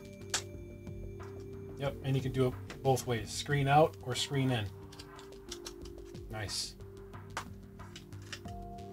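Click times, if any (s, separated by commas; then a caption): none. A Samsung S9 Plus in a rugged Otterbox Defender case is handled and pushed toward a plastic belt-clip holster while someone talks over music, with a few short taps and knocks. Nothing has seated or clicked into the holster latch yet.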